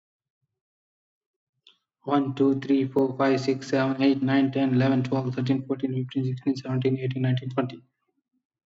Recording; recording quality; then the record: counting at a fast pace; excellent, no background noise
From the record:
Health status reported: respiratory illness, not identified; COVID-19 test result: negative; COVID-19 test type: RT-PCR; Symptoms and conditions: cold, asthma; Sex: male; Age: 23 years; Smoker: no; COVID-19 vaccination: one dose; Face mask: not worn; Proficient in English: yes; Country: India